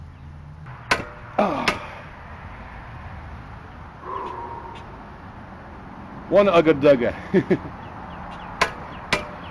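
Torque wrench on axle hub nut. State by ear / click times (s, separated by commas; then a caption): torque reached / 8.6 s, 9.1 s. A torque wrench tightens an axle hub nut and clicks twice at its setting, at 8.6 s and 9.1 s, done twice to be on the safe side. Before that, someone talks and sharp clanks ring out near 0.9, 1.4 and 1.7 s. The nut is confirmed torqued.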